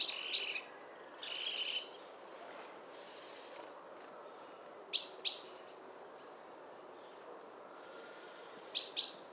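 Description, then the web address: Great tit: a sharp double note and a short buzzy churr, then long pauses broken by two more crisp high paired notes. "SETE Parus major"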